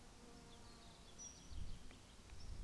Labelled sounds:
Common Chaffinch
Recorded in Germany
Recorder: ecoPi

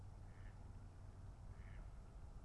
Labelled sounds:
Mallard
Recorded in Germany
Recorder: ecoPi

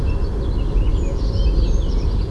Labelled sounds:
Eurasian Blue Tit
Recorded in Germany
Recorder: ecoPi

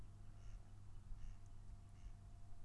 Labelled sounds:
Mallard
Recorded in Germany
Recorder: ecoPi

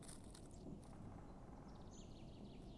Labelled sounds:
Great Spotted Woodpecker
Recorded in Germany
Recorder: ecoPi

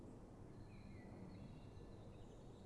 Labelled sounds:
Common Blackbird
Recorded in Germany
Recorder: ecoPi

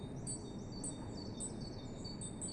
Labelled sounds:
Great Tit
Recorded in Germany
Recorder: ecoPi

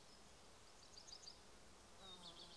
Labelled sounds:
Common Chaffinch
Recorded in Germany
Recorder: ecoPi

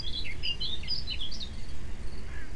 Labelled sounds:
Eurasian Blackcap
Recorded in Germany
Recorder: ecoPi

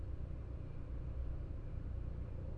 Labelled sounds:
none
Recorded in Germany
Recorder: ecoPi

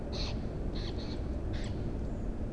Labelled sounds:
Song Thrush
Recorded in Germany
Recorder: ecoPi

